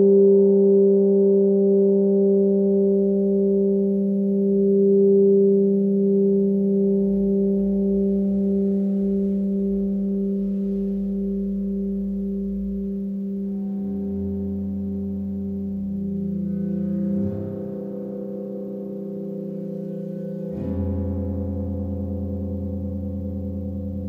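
A gong meditation of long, humming tones that overlap and hang steadily in the air. Around fourteen seconds a deeper tone swells in beneath, and fresh soft strikes land near seventeen and twenty-one seconds, shifting the low drone each time.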